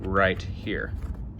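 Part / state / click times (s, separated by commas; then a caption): TV-to-welder cable connector into TV port / not seated / none. A TV-to-welder cable connector for a Lincoln Electric VRTEX is handled in front of the TV port it will be popped into, while someone talks. Nothing has seated or clicked yet by the end of the clip.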